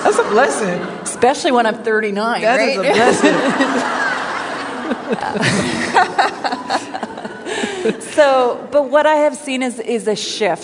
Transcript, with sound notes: That’s a blessing!
Especially when I’m thirty-nine, right!? (laughter)
That is a blessing!
So, what I have seen is a shift.